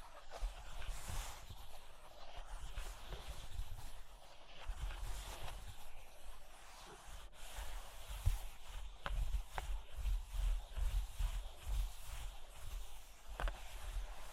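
Cork and wood being scratched and traced, a dense, continuous rasp of brushy friction that shifts in texture throughout. Sharp taps break through now and then, around nine, ten and thirteen seconds, over a low, uneven thumping rumble underneath.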